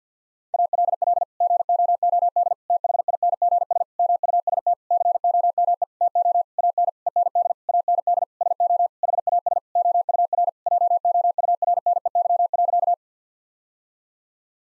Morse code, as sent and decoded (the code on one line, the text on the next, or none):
.- .-.. .-.. / --. --- --- -.. / - .... .. -. --. ... / -- ..- ... - / -.-. --- -- . / - --- / .- -. / . -. -.. / .- -. -.. / ... --- / .... .- ... / --- ..- .-. / .--- --- ..- .-. -. . -.-- .-.-.-
ALL GOOD THINGS MUST COME TO AN END AND SO HAS OUR JOURNEY.